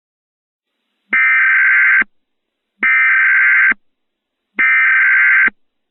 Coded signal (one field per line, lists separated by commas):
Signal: Emergency Alert System (SAME) tones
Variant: header bursts